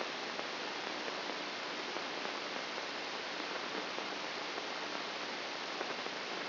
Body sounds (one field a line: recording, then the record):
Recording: brain microelectrode recording played as sound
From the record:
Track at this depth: inside the subthalamic nucleus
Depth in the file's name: 1.227 mm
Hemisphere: left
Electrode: 2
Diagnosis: Parkinson's disease